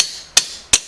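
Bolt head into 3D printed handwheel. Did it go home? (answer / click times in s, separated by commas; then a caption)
no / none. A bolt head is lightly tapped with a hammer into a 3D printed plastic handwheel, giving two sharp blows at about 0.4 s and 0.7 s, each decaying quickly. The bolt is not fully home yet; nothing has seated or clicked.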